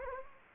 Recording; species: mosquito wingbeat signal from an infrared sensor; Anopheles gambiae